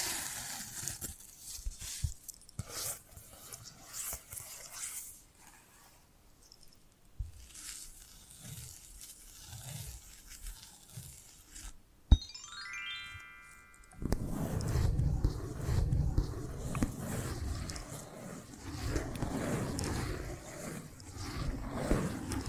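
Invisible tapping, scratching and tracing: soft taps and brushing strokes come in irregular bursts, with quieter stretches in the middle. Around twelve seconds a sharp click is followed by a short rising tone, then a denser, louder scratching texture continues to the end.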